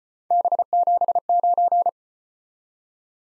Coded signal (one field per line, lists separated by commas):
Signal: Morse code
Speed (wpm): 34 wpm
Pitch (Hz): 700 Hz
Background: none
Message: B79